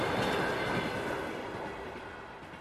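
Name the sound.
train rolling on rails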